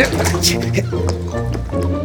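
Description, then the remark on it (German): Water sloshes and gurgles inside a reserve barrel that holds only clear water, a steady liquid churning for about two seconds that runs under a man's voice talking throughout. “Oh, das müsste das Fass mit dem Zaubertrank sein.”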